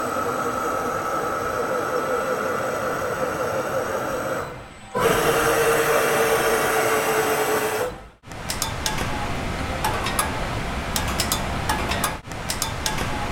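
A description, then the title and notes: Robot machinery runs in three distinct sections: a steady whirring hum, a louder bright motor whine, then clicking, ticking movement, separated by brief silences. The sounds you hear come from three sprightly robots: a robotic arm, motion platform and an industrial robot called Motoman SIA20D. These sounds were recorded in NASA Goddard’s Robotic Operations Center. Robot Sounds.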